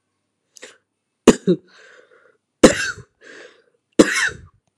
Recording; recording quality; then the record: heavy voluntary cough; excellent, no background noise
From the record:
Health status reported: healthy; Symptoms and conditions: none ticked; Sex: male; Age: 19 years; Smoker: not ticked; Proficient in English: yes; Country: India